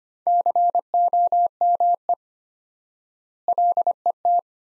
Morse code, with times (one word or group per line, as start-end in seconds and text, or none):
0.3-2.1 COME
3.5-4.4 LET